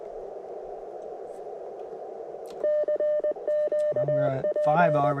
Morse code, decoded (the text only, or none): CQP